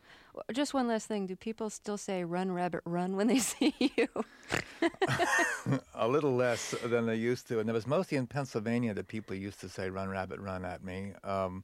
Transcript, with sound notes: Just one last thing. Did people still say run Rabbit run when they see you?
(SOUNDBITE OF LAUGHTER)
A little less than they used. And it was mostly in Pennsylvania that people used to say run Rabbit run at me.